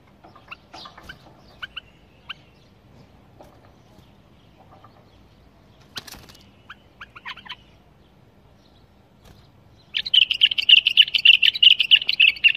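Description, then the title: Bulbul singing scattered short whistled notes and clicks, ending in a long rapid trill. "اجمل تغريد بلبل بدون اخطاء بلبل طور"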